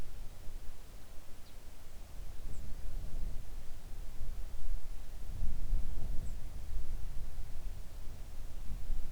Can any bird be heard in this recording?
yes